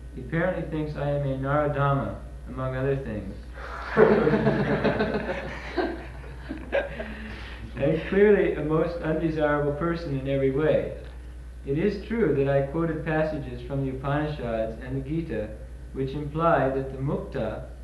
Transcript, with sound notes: He apparently thinks I am a narādhama, among other things," [laughter] "and clearly a most undesirable person in every way. It is true that I quoted passages from the Upanisads and the Gītā which imply that the mukta